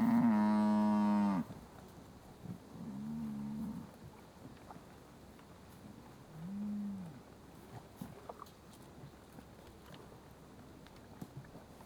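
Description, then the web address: Cattle: one loud, harsh moo at the start, then two softer, muffled lows, with light knocking in the background. South Devon breed suckling herd of cattle, being fed. "BBC Sound Effects Library. Douth Devon Suckling Herd"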